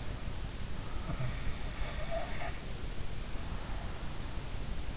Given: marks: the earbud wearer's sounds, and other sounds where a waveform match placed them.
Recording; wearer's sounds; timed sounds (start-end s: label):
sounds in sleep by an in-ear microphone; snoring breath
0.98-4.16 s: snoring breath